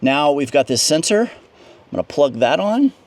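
Someone talks while handling the electrical connector for the fuel filter sensor on the diesel fuel filter of a 2007–2022 Mercedes Sprinter with the V6 3.0L diesel, getting ready to plug it onto the sensor. Only speech is heard, with short pauses between phrases. Nothing has seated or clicked yet.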